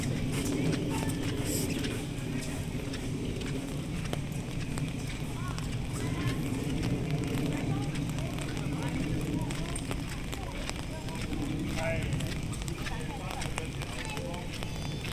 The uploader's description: take a walk through Animal Kingdom park in Walt Disney World